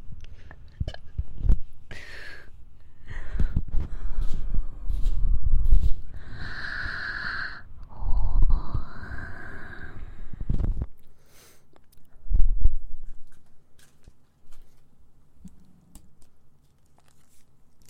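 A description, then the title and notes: Close ASMR mouth sounds and ear-cleaning rustles: wet clicks, soft smacks and scratchy brushing arrive in irregular bursts. A few drawn-out breathy tones rise between six and ten seconds. After eleven seconds it thins to a low hum with sparse ticks and one louder rub. ASMR Mouth Sounds Ear Cleaning.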